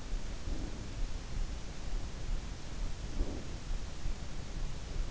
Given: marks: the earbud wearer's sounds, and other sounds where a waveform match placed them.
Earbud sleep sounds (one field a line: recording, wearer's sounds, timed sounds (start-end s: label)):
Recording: sounds in sleep by an in-ear microphone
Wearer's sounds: breath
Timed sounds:
0.28-1.40 s: breath
2.78-3.95 s: breath